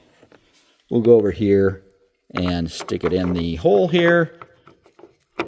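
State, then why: Seated. A LASFIT LED turn signal bulb socket, with the bulb already clicked in, is pushed into the hole in the tail lamp housing of a 2023 Chevy Colorado while someone talks. A few faint ticks follow the talking, then a sharp click at 5.4 s as the socket seats into the housing, with a quarter-turn lock still to come.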